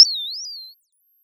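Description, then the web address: Bird chirp: a single high, clean whistled note under one second long, dipping then rising and falling again before ending abruptly. Tweeting. "Sound of a bird tweeting nicely"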